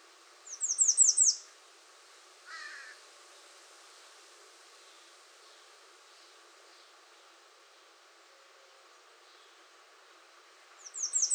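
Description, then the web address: American redstart song: two bursts of high, slurred downward notes, one at the start and one at the end, with a single lower call between and quiet gaps. Recorded 21 June 2019. "soundrecordings 2019-06-21 American Redstart"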